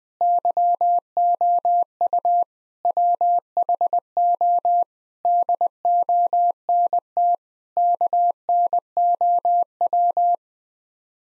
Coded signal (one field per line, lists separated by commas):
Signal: Morse code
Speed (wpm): 21 wpm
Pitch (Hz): 700 Hz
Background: none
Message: YOU WHO DONT KNOW